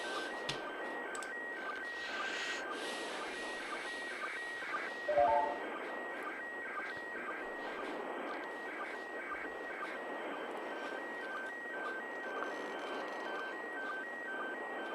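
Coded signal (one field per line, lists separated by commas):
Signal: SSTV (slow-scan television)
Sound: warbling, rhythmic tones repeating several times a second under heavy hiss, brief lower beeps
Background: radio static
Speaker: of mmss tv here we go so so so so so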